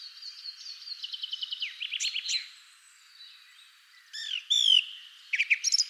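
Bird song: a fast trilled series of notes, then after a pause a few loud arched whistles and a rapid stutter.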